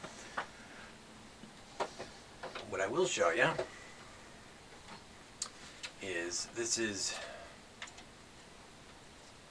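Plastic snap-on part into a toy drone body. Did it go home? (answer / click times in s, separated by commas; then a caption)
no / none. A plastic snap-on part is handled against the body of a cheap toy drone, with a few light plastic ticks and taps as someone talks. The part has not snapped or seated into place yet.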